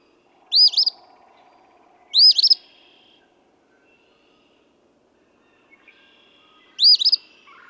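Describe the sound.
Eastern phoebe song of three rough, two-syllable phrases, two close together then a long pause before the third, with faint thin notes between.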